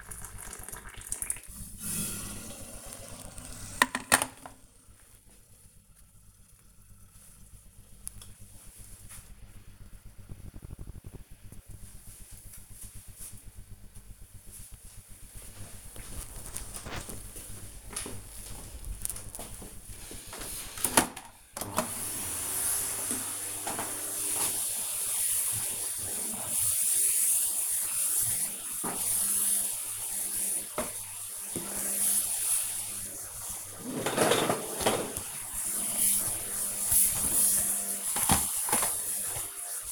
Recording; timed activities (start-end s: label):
household activities, microphone on the right wrist
0.00-4.73 s: making tea
20.83-39.92 s: vacuum cleaning